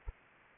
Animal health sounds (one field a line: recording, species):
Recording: mosquito wingbeat signal from an infrared sensor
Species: Anopheles arabiensis